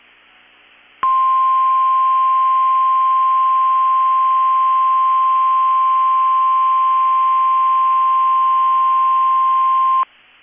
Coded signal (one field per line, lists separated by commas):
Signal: Emergency Alert System (SAME) tones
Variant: 1050 Hz attention tone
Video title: 7/27/22 - KEC65 Required Weekly Test (EAS #616)